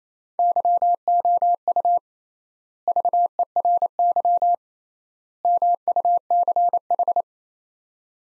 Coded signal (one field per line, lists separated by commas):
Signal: Morse code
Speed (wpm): 28 wpm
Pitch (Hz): 700 Hz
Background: none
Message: YOU VERY MUCH